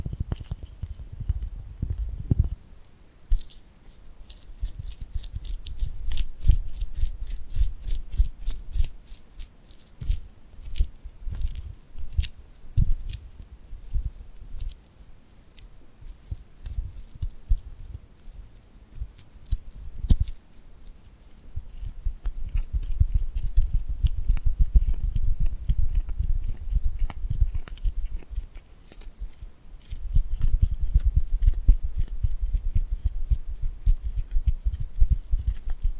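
Tingly sticky hand sounds, a dense run of tiny crackling clicks and peels scattered through the whole clip. Soft low rumbling swells come and go underneath, strongest near the start, around 24–28 seconds and after 30 seconds, while the bright crackle stays fairly constant.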